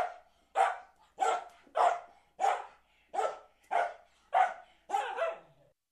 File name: Two dogs barking at each other in garden